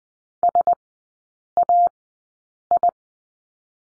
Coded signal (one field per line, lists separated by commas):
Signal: Morse code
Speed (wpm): 19 wpm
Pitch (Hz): 700 Hz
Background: none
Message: SAI